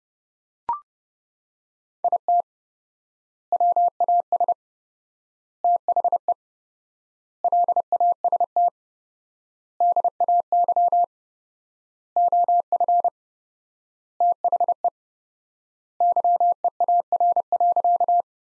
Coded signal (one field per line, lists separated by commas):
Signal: Morse code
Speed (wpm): 30 wpm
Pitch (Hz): 700 Hz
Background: none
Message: IT WAS THE LAST DAY OF THE YEAR.